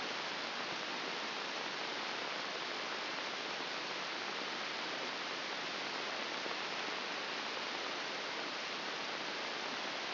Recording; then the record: brain microelectrode recording played as sound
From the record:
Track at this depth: outside the subthalamic nucleus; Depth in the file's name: 4.898 mm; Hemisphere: left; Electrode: 2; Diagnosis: Parkinson's disease